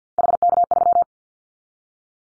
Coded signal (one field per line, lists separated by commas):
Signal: Morse code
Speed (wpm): 48 wpm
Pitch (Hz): 700 Hz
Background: none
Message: HK3